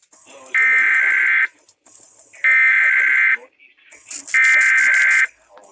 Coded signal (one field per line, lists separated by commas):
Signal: Emergency Alert System (SAME) tones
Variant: header bursts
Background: speech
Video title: DEBUT OF KTGN/NEW MEXICO MISHAP/FAREWELL KDWN! EAS Tests from February 2023